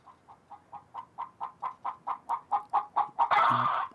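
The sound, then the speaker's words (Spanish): A hen clucks in a steady, accelerating series of short, clipped notes that grow louder, ending in a sudden loud, harsh squawk. “Nadie mejor que él sabe acercarse oportunamente y agarrar por la pierna, meterse en la cueva donde se guardan las provisiones para mantenerlas frescas o sustraer una gallina.”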